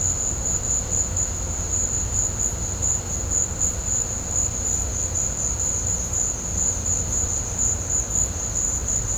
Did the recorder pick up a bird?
no